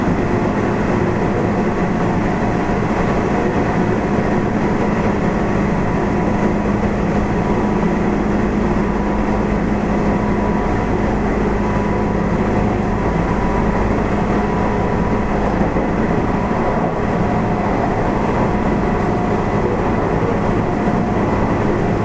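A train running at a steady pace, heard from on board. A dense, unbroken low rumble fills the whole stretch, with faint humming tones riding above it and no distinct clanks or announcements. The loudness holds nearly constant throughout.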